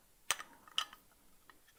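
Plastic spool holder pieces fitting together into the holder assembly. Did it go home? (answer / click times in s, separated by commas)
yes / 0.3 s, 0.8 s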